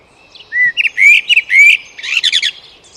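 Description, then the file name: Eurasian blackbird song: a short phrase of rich, rising fluted whistles that breaks into a hurried, scratchy high twitter at the end. "Turdus merula"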